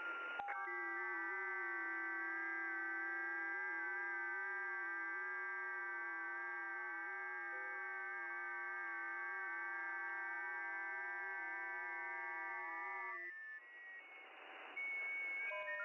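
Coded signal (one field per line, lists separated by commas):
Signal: FT8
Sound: many overlapping soft warbling tones for about 13 seconds, then hiss, then tones restart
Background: radio static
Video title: RDX3CW - SWL on 10.136 MHz FT8 [2 HOURS]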